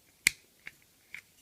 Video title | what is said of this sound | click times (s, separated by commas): Transformers Robot Masters - Beast Wars Optimus Primal and Megatron Review | just leave these bits out of the way and fold it in and it should click in | 0.3 s